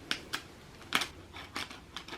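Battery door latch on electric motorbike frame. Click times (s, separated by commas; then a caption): 1.0 s. A modified battery door on an electric dirt bike frame is wiggled up and down, making a series of sharp plastic-like clicks and rattles. The loudest click, at 1.0 s, is the door latch catching and seating, and the fit is then judged much better.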